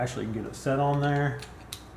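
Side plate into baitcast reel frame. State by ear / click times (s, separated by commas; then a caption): seated / 1.7 s. Someone talks while the side plate of an Abu Garcia Revo SX baitcast fishing reel is set onto the reel frame, pushing a pin in and rotating down until it locks. A short, sharp click at 1.7 s marks the side plate seating into place.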